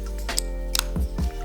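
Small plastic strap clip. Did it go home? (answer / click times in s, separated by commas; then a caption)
released / 0.4 s, 0.8 s. Quick-release camera strap connectors are unclipped from the anchor tabs on the camera, giving two sharp clicks at 0.4 s and 0.8 s over steady background music. The strap is released from the camera.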